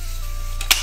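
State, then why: Seated. A section of a Black Magic medium telescopic landing-net handle is slid down into the handle's auto-locking system, which stops it so the bar cannot slide all the way through. A faint tick at 0.6 s is followed by a sharp snap at 0.7 s, over a steady low hum. The handle locks in place.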